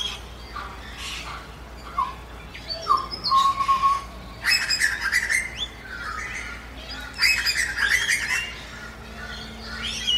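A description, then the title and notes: Birds chirp and sing close by in quick bright bursts, with busy clusters of calls around four to five seconds and again near seven to eight seconds, and a clear whistled note just before four seconds. A low, steady murmur of breeze runs underneath throughout. ASMR Calming and Relaxing Nature Sounds During Dawn.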